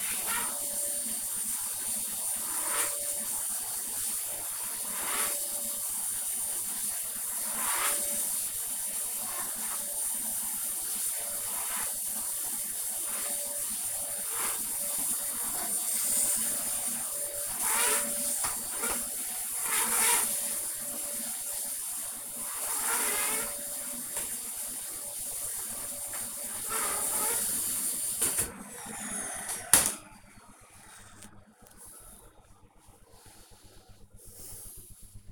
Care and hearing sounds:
household activities, microphone on the right wrist
0.00-28.06 s: vacuum cleaning

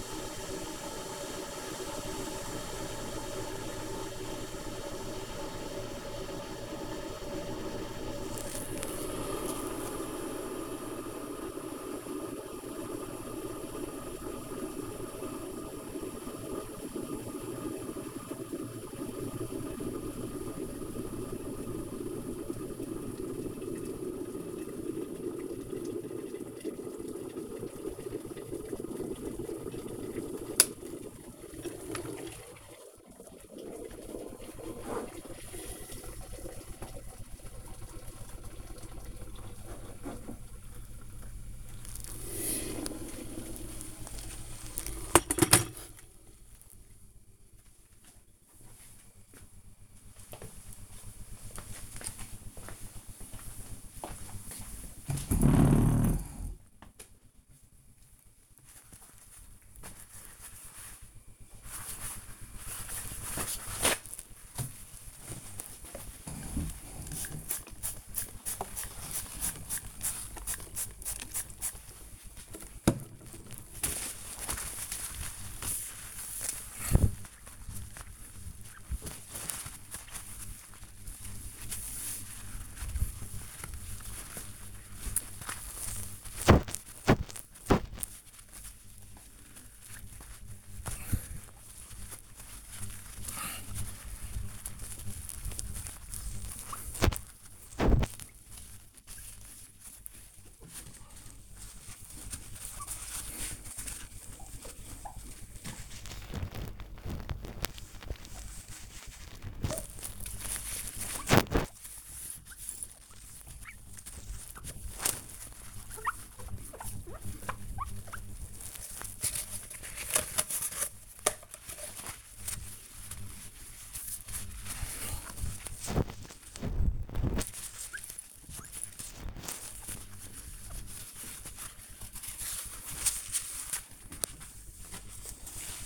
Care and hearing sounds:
household activities, microphone on the right wrist
0.00-45.84 s: making tea
61.95-135.86 s: window cleaning

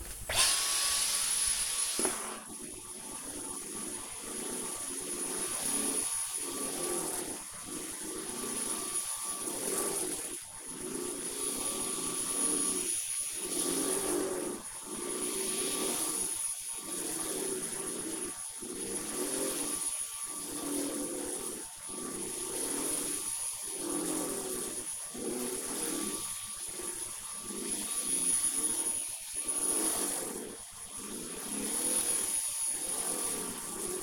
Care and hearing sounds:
household activities, microphone on the right wrist
0.00-34.03 s: vacuum cleaning

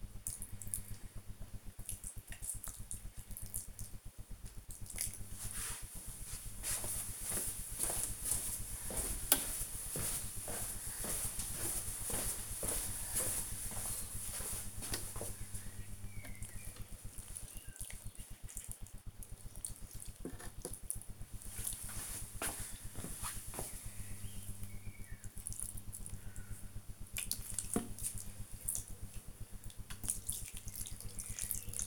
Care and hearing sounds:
household activities, microphone on the right wrist
0.00-31.87 s: watering plant

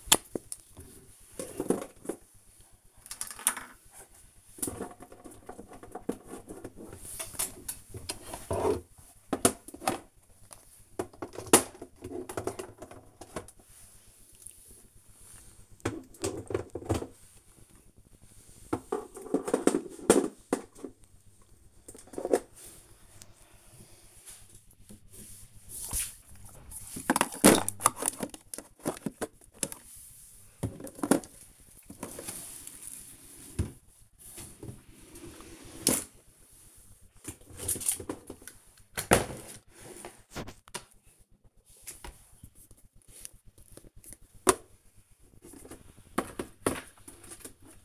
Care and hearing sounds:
household activities, microphone on the right wrist
0.00-47.85 s: tidy up the cupboard

